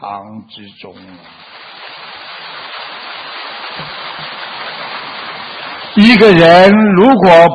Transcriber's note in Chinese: 掌声